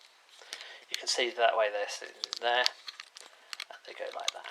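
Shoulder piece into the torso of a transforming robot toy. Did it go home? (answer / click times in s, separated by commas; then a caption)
no / none. Someone talks while swinging and pushing the plastic shoulder section of a Transformers Titans Return Twinferno / Doublecross transforming robot toy toward its place in the torso, with light plastic handling taps and rattles throughout. The part has not seated or clicked into place yet.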